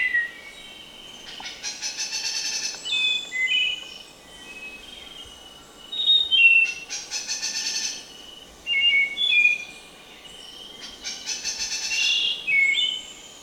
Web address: Natures Songs S America Birds of Ecuador Spotted Nightingale-Thrush